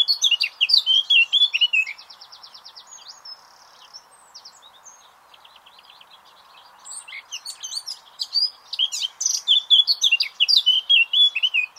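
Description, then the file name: Eurasian blackcap song: loud fluting phrase, soft buzzy trill and quiet chatter, then another long burst of varied clear whistles. "Sylvia atricapilla"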